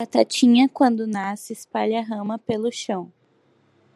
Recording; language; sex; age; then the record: short text; Brazilian Portuguese; female; 20 to 29 years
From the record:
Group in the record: control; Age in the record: 20 years